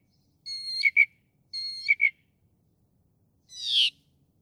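Northern mockingbird song: two repeated whistled phrases ending in a double note, then a single harsh buzzy note.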